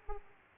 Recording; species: mosquito wingbeat signal from an infrared sensor; Aedes aegypti